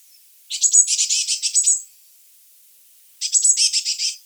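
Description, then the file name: Blue tit scolding with two dry, rapid high-pitched churrs, the first lasting over a second with about ten buzzy notes, the second shorter, with quiet in between. "Cyanistes caeruleus"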